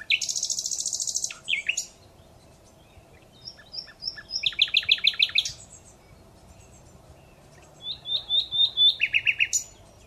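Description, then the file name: Common Nightingale song: a buzzy, rapid opening burst, then whistled notes leading to a fast rattle, a pause, and a series of repeated piping notes ending in a trill. "Luscinia megarhynchos"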